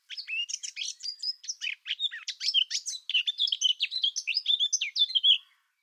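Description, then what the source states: Eurasian blackcap song: a rapid, fluty warble of varied high notes, lasting about five seconds. Male, black-capped, sings from high in a tree; numbers increasing; heard in gardens as they return from the Mediterranean; fluty verses of 4-5 seconds, tentative start breaking into confident melody.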